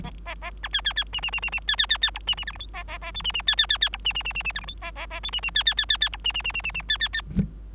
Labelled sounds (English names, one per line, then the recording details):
Bengalese Finch song
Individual Bird3